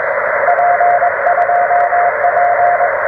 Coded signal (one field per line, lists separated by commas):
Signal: Morse code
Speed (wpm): 21 wpm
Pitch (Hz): 690 Hz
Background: radio noise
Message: P2P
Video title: First Activation with the Radioddity HF-009 Portable Vertical Antenna: How Well Does It Work?